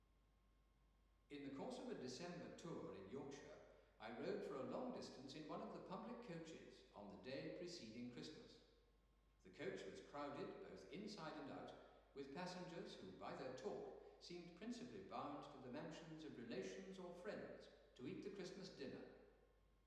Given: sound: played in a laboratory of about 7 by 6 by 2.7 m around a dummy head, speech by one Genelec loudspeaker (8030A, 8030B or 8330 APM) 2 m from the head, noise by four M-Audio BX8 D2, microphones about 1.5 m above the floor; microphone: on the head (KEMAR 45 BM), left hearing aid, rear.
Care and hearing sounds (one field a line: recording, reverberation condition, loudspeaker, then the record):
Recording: male speech in English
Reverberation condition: high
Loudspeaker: 150 degrees to the left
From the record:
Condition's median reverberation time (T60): about 1300 ms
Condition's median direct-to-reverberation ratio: about -4.0 dB